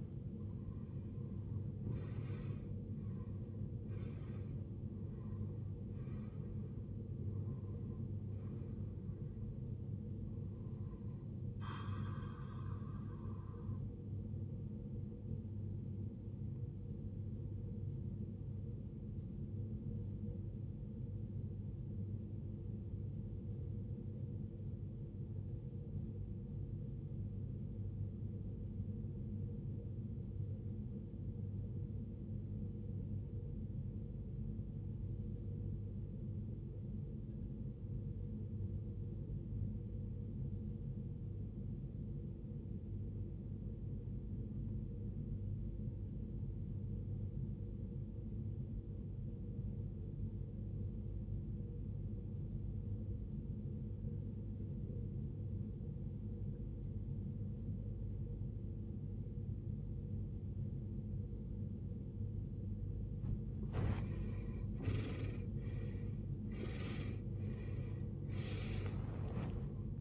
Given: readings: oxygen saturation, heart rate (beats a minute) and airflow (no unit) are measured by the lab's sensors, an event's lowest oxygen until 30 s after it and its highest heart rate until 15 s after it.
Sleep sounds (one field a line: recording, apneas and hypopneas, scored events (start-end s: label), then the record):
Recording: breathing in sleep by a smartphone at the bedside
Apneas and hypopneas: 1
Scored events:
22.00-65.60 s: obstructive apnea (REM, oxygen 94% highest, then 76% lowest, heart rate 53 at the start, 86 highest)
69.00-70.01 s: new sleep stage, N1 (lightest sleep)
From the record:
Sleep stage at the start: REM sleep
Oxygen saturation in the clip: 81 to 94%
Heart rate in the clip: 45 to 80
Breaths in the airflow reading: 8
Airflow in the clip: -20.0 to 19.4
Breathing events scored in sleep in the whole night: 389 in 6.3 hours asleep